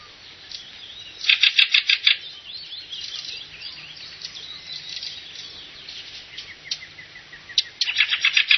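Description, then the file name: Fieldfare calls: a fast run of grating chack notes, softer chatter in the middle, then another rapid harsh burst near the end. "kramsvogel"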